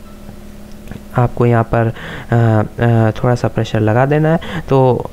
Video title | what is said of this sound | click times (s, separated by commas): Latest best ₹60,000 PC Build India 2020 --🔥Hindi🔥-- How to build a PC ?😱 | तो आप देख सकते हो वो ऑटोमेटिक क्लिक की साउंड आएगी और आपका GPU लग जाएगा। | 0.9 s